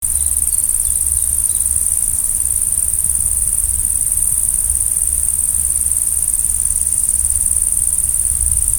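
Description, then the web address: Grasshopper song, a continuous, very high, thin buzzing hiss that holds steady without a break, over a low background rumble. "heuschrecken sound"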